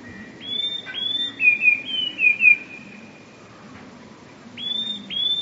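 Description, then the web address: Eurasian blue tit delivering one full phrase of high sharp notes sliding into a trill, then the next phrase beginning, against soft background hiss. "wroblowe teka 2 spiew. wroblowe teka modraszkoteka"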